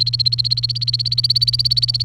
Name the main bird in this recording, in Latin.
Serinus canaria